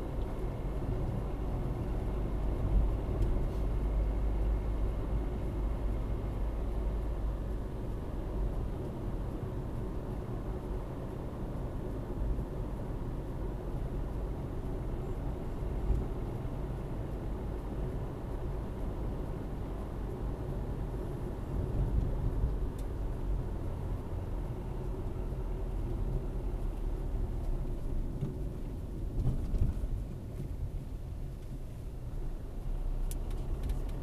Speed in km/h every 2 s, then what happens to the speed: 52, 53, 54, 54, 50, 50, 49, 49, 49, 48, 48, 46, 40, 31, 20, 14, 17.
0-21 steady at about 50. 21-29 brakes to 14.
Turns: none.